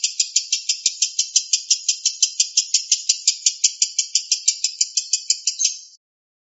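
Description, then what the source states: Lovebird giving a rapid series of shrill, rasping pulses at an even pace, stopping abruptly near the end. Song style called konslet.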